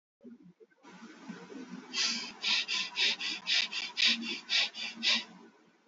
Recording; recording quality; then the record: shallow breathing; excellent, no background noise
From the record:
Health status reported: healthy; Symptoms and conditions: hypertension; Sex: male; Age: 28 years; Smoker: not ticked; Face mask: not worn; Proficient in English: yes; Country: India